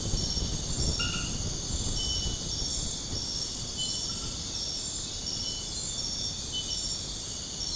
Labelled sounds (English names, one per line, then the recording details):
none
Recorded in secondary vegetation near Puerto Asís, Putumayo, Colombia, on 20 February 2024 at 02:30
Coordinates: 0.472, -76.331
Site G6371